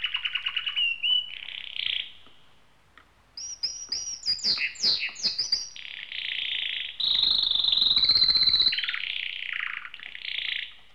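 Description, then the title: Small birds chirping, with bright high whistled and buzzy phrases, quick descending notes and sustained trills. "NHK Sound Effects Collection - 2-Waves, Rivers, Birds"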